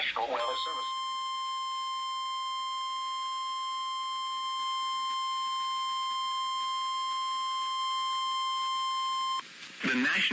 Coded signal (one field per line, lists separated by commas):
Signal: Emergency Alert System (SAME) tones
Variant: 1050 Hz attention tone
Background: speech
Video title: FLASH FLOOD FIASCO III - EAS Alerts from 07/16/2023 (EAS #269-#282)